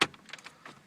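A plastic dash panel around the knobs and dials of a 2009 Pontiac Vibe AWD is handled against the dashboard. A sharp knock opens the clip, followed by a few faint plastic ticks and rattles. Nothing has seated or clicked into place yet.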